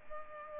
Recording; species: mosquito wingbeat signal from an infrared sensor; Culex pipiens